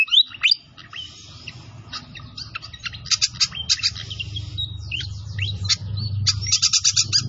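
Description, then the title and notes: Pied fantail song: scattered sharp whistles and short buzzy trills over a steady low rushing background. Training (masteran) recording of a clear-voiced pied fantail, made with the sound of flowing water. "Masteran Sikatan Kipas Suara Jernih Dan Suara Gemericik Air. Suara Burung Sikatan Londo"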